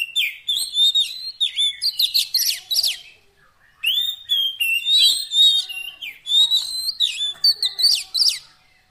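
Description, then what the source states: Oriental magpie-robin pouring out energetic whistled song with sharp upward sweeps and chatters, in dense phrases with one short break. Long-duration fill-in song intended to make the bird sing vigorously day and night.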